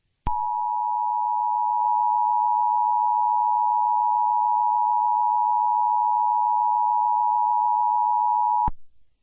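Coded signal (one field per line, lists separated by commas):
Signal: Emergency Alert System (SAME) tones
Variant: 853 and 960 Hz attention tone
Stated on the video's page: Fictional EAS scenario inspired by Monster Hunter, using valid EAS tones.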